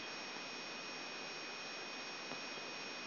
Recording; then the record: brain microelectrode recording played as sound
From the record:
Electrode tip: outside the subthalamic nucleus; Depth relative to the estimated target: -4 mm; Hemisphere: left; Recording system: AlphaMap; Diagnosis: Parkinson's disease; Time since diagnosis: 7 years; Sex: male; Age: 59 years